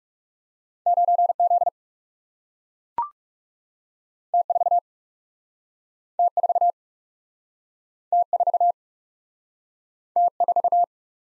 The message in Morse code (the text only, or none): 9 Z T 4 T 4 T 4 T 4